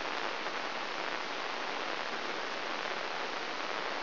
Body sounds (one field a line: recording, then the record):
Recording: brain microelectrode recording played as sound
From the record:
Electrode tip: inside the subthalamic nucleus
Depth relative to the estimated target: 0 mm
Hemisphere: left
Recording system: AlphaMap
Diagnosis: Parkinson's disease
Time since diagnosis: 20 years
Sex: female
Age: 65 years